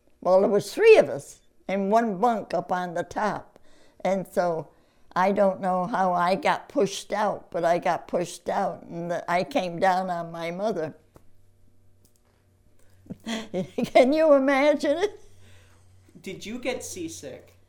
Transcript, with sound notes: Well, there was three of us in one bunk up on the top and so I don't know how I got pushed out, but I got pushed out and I came down on my mother. (Laughs) Can you imagine?
Did you get seasick?